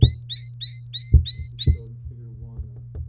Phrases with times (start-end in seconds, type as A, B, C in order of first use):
0.01-1.86 A